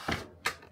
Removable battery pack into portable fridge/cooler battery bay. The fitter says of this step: but then you hear that click